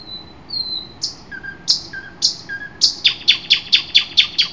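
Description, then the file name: Common nightingale song opening with a thin sustained whistle, low flat notes, then a fast series of sharp repeated chips. Recorded 12 June 2008. "nightingale-080612"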